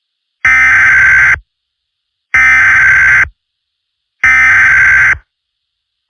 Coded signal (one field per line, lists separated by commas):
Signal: Emergency Alert System (SAME) tones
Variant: header bursts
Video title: EAS Scenario: Smasher Purification Order 2: Alicorn Strikes